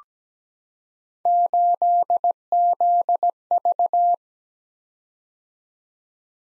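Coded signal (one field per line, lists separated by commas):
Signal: Morse code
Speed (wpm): 17 wpm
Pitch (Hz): 700 Hz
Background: none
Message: 8ZV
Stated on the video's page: Computer-generated Morse practice drill of random three-character letter-number groups at 17 wpm, each group sent, spoken, then sent again.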